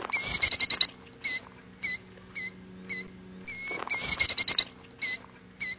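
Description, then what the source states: Killdeer calls: loud, piercing high notes, rapid stuttering bursts alternating with short single cries, with a faint low hum in places. Call described as loud and easily recognizable.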